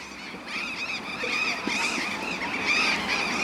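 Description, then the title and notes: Burrowing parrots: a dense chorus of overlapping harsh squawks and screeches from several birds, with traffic noise in the background. Burrowing parrots (Cyanoliseus patagonus), several birds, at a city street corner, January 2015, 20:32 in the evening. "Loros barranqueros (Cyanoliseus patagonus). Av. Alem esq. Uruguay. B° Universitario. /1/2015-20:32hs Por Daniela Del Gobbo"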